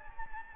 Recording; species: mosquito wingbeat signal from an infrared sensor; Anopheles gambiae